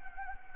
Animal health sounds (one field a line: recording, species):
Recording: mosquito wingbeat signal from an infrared sensor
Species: Anopheles gambiae